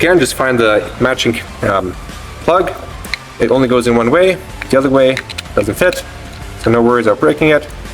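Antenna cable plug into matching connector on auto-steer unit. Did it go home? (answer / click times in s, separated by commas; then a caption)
no / none. A keyed antenna cable plug is handled next to its matching connector on a Sveaverken F100 auto-steer unit, a plug that only fits one way. Someone talks over steady background music, with no distinct mechanical sounds. The plug has not seated or clicked in yet.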